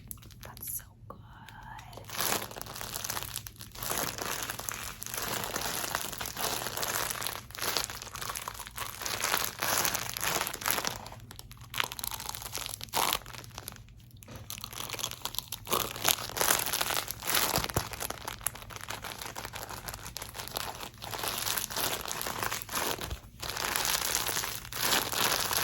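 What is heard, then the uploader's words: Fast-paced squishy and crinkly triggers: a dense, nearly unbroken run of crackling, crunching crinkles with quick rustling bursts. The rhythm is busy and irregular, broken by brief near-silent gaps around 1, 11, 14 and 23 seconds, over a faint low steady hum. ASMR Fast Paced Squishy + Crinkly Triggers.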